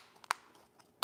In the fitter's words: and it just snaps right in